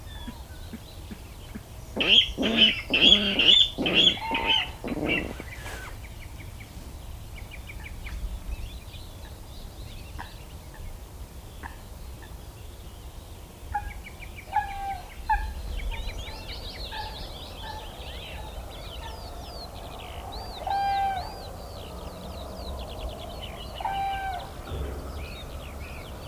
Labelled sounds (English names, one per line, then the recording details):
Water Rail call
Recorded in the wild
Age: adult
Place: Parsteiner See, Brandenburg, DE
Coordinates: 52.9697, 13.9775
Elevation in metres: 40
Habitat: sedge
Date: 2006-04-12
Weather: wolkig, ca. 5°C, schwacher Wind aus SO
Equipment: Marantz PMD 671, Sennheiser MKH 70, Popschutz
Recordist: Frommolt, Karl-Heinz